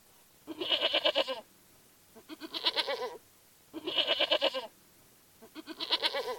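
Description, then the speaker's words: Goats bleating: four wavering bleats, each about a second long, with quiet gaps between. Herd of 19 goats eating weeds, blackberries and gorse on a ranch behind the Caspar Community Center; owned by a church pastor. "That's the sound of a herd of goats."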